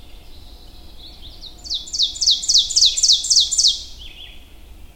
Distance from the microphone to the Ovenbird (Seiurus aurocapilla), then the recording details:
about 5 m. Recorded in boreal forest in Alberta, Canada, on 22 June 2016 at 05:47. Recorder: SongMeter 3, array SBT-6-76. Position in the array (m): 150 m, 110 m. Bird 3